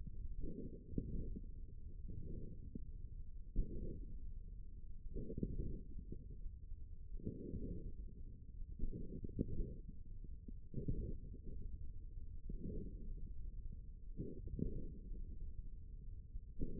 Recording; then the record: forearm muscle sounds (acoustic myography)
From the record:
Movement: hook grip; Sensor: system 1, eight BSWA MPA416 microphones around the upper forearm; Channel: 7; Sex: male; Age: 54 years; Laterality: right